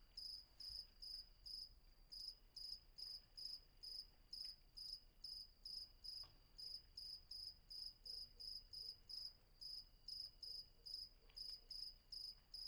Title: Patmos, Vagia, Griechenland - Nachtsimmung 03, Grillen